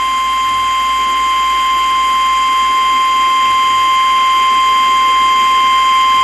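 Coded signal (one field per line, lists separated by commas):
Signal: Emergency Alert System (SAME) tones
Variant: 853 and 960 Hz attention tone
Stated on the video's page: Fictional EAS scenario, made with Audacity and Balabolka text-to-speech.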